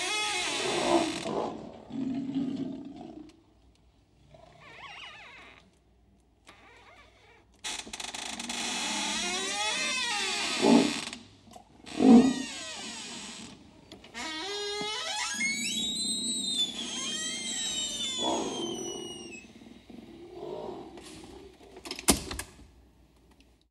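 A squeaking door and a lion trade sounds in a duet. Low, growling roars swell and fade near the start and again around 11–12 seconds, while high, wavering creaks rise and bend, densest from about 8 to 19 seconds, with short pauses between phrases.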